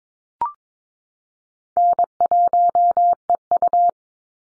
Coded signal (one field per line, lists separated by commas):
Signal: Morse code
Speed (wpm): 22 wpm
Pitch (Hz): 700 Hz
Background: none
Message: N1EU